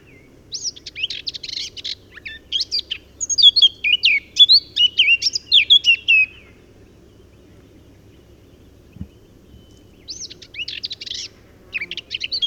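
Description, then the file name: Eurasian blackcap song: a scratchy twittering warble rising into clearer whistled notes, then silence and a second quieter chattering phrase starting near the end. "Sylvia atricapilla"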